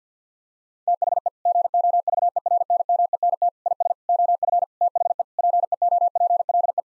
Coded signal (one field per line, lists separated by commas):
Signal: Morse code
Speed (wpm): 49 wpm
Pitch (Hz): 700 Hz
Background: none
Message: THE GOVERNMENT IS OF THE PEOPLE